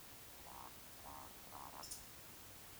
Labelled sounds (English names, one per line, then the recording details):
Eurasian Woodcock whistle
Eurasian Woodcock croak
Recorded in Baden-Württemberg, Germany, on 19 June 2020 at 20:04 UTC
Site 49006, 684 m above sea level